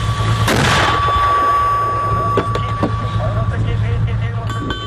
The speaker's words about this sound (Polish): Wystrzał!